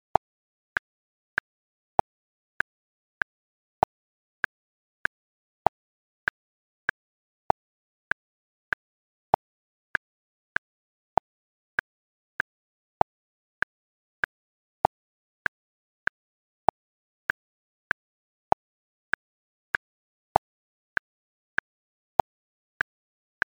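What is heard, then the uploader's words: A metronome ticks at 96 beats per minute in three-four time, with sharp, dry clicks evenly spaced against complete silence. Every third click is accented and slightly brighter, marking the start of each bar. The pattern holds perfectly steady throughout. Metronome at 96 BPM • 3/4.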